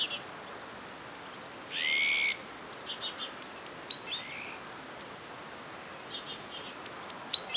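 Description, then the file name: Great tit calls: clusters of high ticks and thin descending whistles, with a brief buzzy, harsher sound in the early part, over steady background noise. "Parus major"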